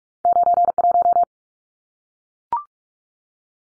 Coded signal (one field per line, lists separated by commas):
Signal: Morse code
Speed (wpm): 44 wpm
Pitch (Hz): 700 Hz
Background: none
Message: 91